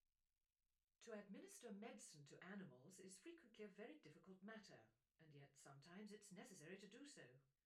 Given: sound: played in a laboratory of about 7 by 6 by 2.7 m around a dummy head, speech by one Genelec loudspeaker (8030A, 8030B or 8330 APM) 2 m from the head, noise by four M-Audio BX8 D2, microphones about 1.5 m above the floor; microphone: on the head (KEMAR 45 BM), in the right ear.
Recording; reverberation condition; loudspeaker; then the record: female speech in English; low; 90 degrees to the left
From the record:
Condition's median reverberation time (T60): about 310 ms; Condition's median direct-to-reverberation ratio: about 3.5 dB